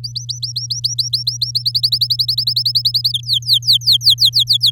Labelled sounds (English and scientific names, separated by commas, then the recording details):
Domestic Canary (Serinus canaria) song
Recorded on 8 May 2018 at 12:56
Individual llb16